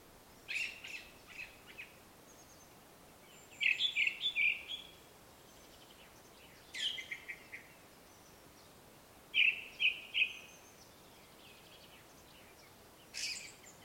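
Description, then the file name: Ring ouzel song alternating bursts of three or four loud, piping notes with short scratchy twitters, phrases spaced several seconds apart in a quiet setting. Song recorded in Slovakia with an Olympus LS-11 portable recorder. "Turdus Torquatus Song Slovakia"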